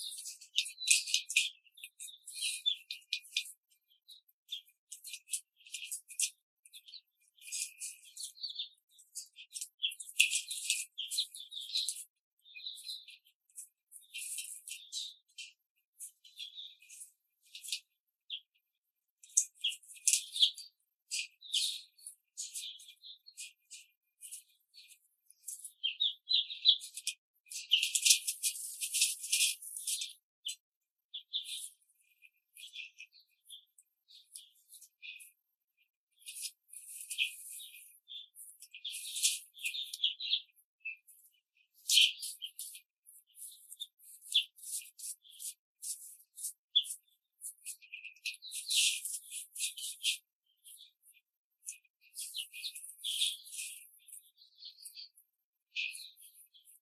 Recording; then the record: young laying hens in a cage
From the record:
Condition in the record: control cage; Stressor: none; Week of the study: 5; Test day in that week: 1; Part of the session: 2